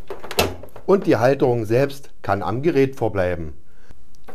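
Water hoses are unclipped from the plastic hose holder on the inside of the back panel of a Bosch/Siemens tumble dryer, and a sharp click at 0.4 s is the hose letting go of the holder. A few quieter clicks and rattles come just before it, then someone talks, and the hoses end up released.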